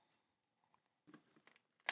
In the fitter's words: You can hear them click in when you put them in, but that's the last dorsal growth completed.